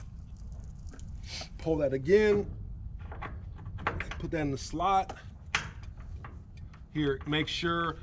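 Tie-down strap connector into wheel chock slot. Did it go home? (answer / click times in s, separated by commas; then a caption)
yes / 5.6 s. A tie-down strap end is pushed into the slot on an Erickson wheel chock base to secure an ATV tire, while someone talks throughout. A few light knocks come around 3.9–4.1 s, then a sharp click at 5.6 s as the strap connector seats in the slot.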